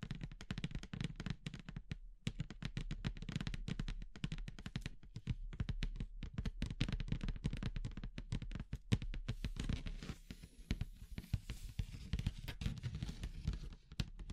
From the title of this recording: Natural Triggers Wood, Bamboo and Straw